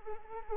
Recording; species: mosquito wingbeat signal from an infrared sensor; Anopheles arabiensis